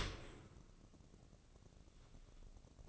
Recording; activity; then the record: daily activity, microphone in the room; open dishwasher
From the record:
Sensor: 4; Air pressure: 1013.2 hPa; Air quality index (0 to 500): 178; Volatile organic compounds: 2 ppm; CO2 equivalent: 1116 ppm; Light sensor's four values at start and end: 84/208/87/90 and 83/206/86/88